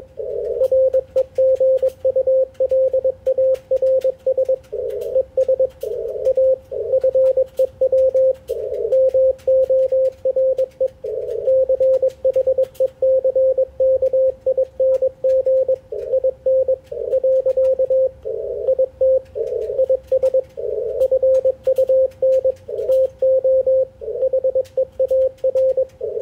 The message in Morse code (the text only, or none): REGULARS ES A FEW MORE CHECKING IN . IT IS FUN TO HEAR